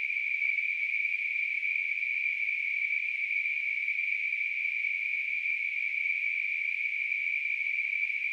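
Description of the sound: Steady, unbroken high-pitched hissing ring near 2–3 kHz, a simulated tinnitus sound.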